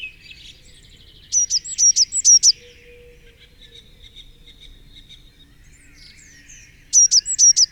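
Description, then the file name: Eurasian blue tit singing two high, thin phrases of quick sharp notes separated by several seconds, with soft other bird calls in between. "Cyanistes caeruleus"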